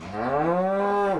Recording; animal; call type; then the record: contact call of a hoofed animal; cattle; low-frequency (closed-mouth) or high-frequency (open-mouth) call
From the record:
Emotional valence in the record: negative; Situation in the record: full separation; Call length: 1.19 s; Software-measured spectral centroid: 1090 Hz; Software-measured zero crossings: 1420 a second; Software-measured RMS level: -24 dBFS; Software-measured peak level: -13 dBFS